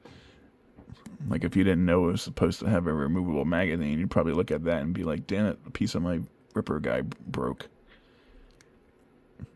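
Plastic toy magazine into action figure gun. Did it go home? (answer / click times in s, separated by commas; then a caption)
no / none. A small removable plastic magazine is fitted into the gun of a Hasbro G.I. Joe Classified Series Dreadnok Ripper action figure while someone talks, with faint small plastic ticks near the end. The magazine does not snap into place and stays loose, so nothing has seated or clicked yet.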